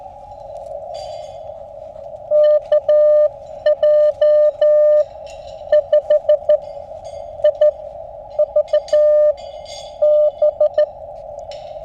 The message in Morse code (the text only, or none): KJ5IVB